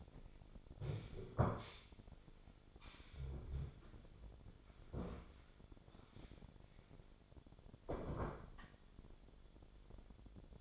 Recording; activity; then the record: daily activity, microphone in the room; stand up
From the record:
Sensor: 5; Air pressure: 1008.1 hPa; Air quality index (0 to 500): 154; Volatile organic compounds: 3 ppm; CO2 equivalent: 1484 ppm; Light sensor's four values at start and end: 58/164/64/64 and 58/164/64/64